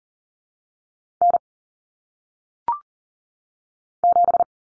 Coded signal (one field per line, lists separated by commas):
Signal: Morse code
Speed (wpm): 40 wpm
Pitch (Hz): 700 Hz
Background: none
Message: N 7